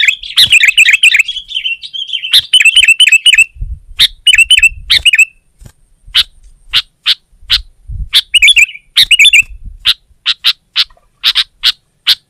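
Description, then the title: Sooty-headed bulbul chirping song, short bubbly phrases, then a string of sharp single notes spaced under a second apart. "kutilang"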